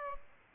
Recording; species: mosquito wingbeat signal from an infrared sensor; Aedes aegypti